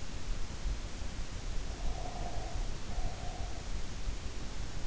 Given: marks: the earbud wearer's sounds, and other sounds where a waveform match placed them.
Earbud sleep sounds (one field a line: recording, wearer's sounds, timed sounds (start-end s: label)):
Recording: sounds in sleep by an in-ear microphone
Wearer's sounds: breath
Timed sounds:
1.74-3.84 s: breath